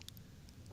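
A magnetic charging cable head snaps onto a phone's port adapter, with one quiet snap at about 0.1 s and a few fainter ticks around it over low background hum. The magnetic tip seats onto the cable.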